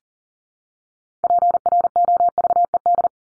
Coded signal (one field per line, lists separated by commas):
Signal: Morse code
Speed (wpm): 40 wpm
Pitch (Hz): 700 Hz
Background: none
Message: PROVED